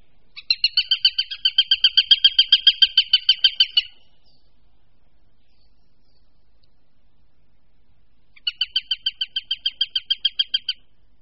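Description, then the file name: Eurasian sparrowhawk calling, a rapid series of sharp, harsh kek notes lasting about three and a half seconds, a pause, then a second shorter burst. "Krahujec-obecný"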